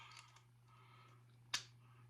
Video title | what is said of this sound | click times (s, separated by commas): Unboxing of the Klein 11-in-1 screw driver | Another one locks in place. | 1.5 s